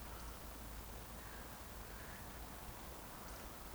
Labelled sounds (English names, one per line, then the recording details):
Eurasian Woodcock whistle
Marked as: whistle, whistle
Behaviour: display flight
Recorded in Baden-Württemberg, Germany, on 15 June 2020 at 20:38 UTC
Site 14569, 102 m above sea level